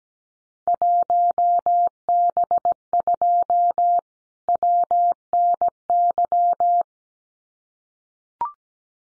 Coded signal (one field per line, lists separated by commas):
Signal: Morse code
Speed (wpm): 17 wpm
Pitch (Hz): 700 Hz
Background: none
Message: 1B2 WNY